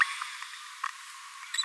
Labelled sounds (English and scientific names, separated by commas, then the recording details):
Green-rumped Parrotlet (Forpus passerinus) babbling
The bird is a female
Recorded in a nest box in Venezuela
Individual 17B42A4